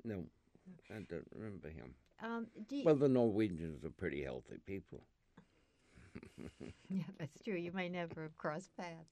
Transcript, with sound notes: no. I don't remember him. Well the Norwegians are pretty healthy people (he laughs).
Yeah, that's true. You might never have crossed paths.